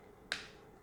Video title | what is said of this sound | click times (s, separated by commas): Drone for Kids H1 Neon Drone! by D DRONRCBRO | and you'll kind of like feel it, and it'll snap into place. | 0.3 s